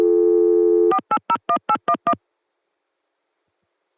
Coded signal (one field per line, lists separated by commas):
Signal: DTMF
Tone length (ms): 70 ms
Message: 4801811